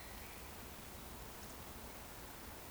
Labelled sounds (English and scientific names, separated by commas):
Eurasian Woodcock (Scolopax rusticola) whistle